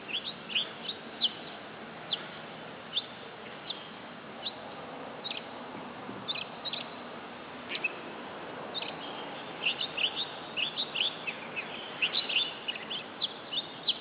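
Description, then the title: Oriental magpie-robin song: a long run of sharp, high chirps, coming thicker toward the end, over constant hiss. Female competition bird, black poci type, described as gacor (singing persistently) and as a fighting bird, a national first-prize champion from East Java, Indonesia. "Kacer Juara 1 Nasional gacor kacer juara nasional jawa timur kacer tarung betina poci gacor hitam"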